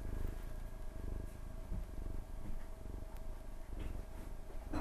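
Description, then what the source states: Cat purring, a continuous low pulsing rumble with brief soft clicks and shuffles. Recorded 29 April 2006 at 19:51.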